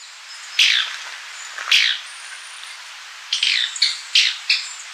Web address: Natures Songs S America Birds of Ecuador Rufous-crowned Tody-Flycatcher